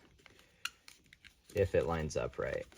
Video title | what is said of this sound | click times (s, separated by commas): How to Install 2nd and 3rd Row Explorer Seats in a 2013-2019 Police Interceptor Utility | and it should just snap into place | 0.7 s